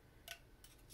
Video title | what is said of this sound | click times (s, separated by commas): How To Disassemble, Clean, & Maintain Quick Disconnect Fittings In Your Brewery. | into the groove it snaps right in | 0.3 s, 0.6 s